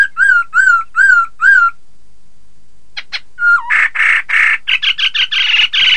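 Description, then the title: Laughingthrush song: four matching slurred whistles, a pause, then another whistle and a burst of harsh, rasping notes. "Suara Kicau Burung Poksay"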